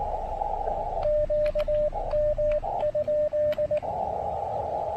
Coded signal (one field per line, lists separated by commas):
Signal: Morse code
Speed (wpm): 18 wpm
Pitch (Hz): 600 Hz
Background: radio noise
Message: QM?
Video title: POTA QRP: Fighting rough propagation and QRM to log this ATNO and DX at Parc des Moulins!